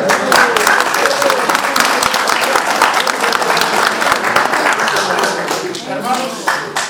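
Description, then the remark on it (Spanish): A crowd at a neighbourhood assembly in Achocalla with the mayor, about water and sewerage, applauds steadily, dense overlapping claps holding at a loud, even level for several seconds, with some voices mixed faintly into the clapping. “Antes de expresar o aplaudir un poquito, lo analizaremos, hermanos.”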